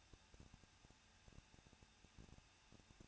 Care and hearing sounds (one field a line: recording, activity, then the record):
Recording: daily activity, microphone in the room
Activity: no activity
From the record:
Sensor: 2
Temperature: 21.0 degrees Celsius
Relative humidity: 37.3%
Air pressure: 1006.4 hPa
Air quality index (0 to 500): 220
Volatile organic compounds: 23 ppm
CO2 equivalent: 2774 ppm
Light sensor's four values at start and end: 2/3/2/2 and 2/3/2/2